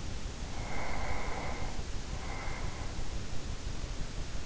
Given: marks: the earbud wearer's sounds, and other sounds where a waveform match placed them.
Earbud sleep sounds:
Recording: sounds in sleep by an in-ear microphone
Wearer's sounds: breath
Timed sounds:
0.50-3.16 s: breath

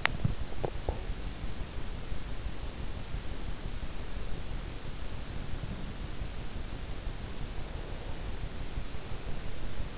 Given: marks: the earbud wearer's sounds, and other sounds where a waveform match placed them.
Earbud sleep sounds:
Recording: sounds in sleep by an in-ear microphone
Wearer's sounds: teeth grinding, swallowing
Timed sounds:
0.00-0.39 s: teeth grinding
0.62-1.25 s: swallowing

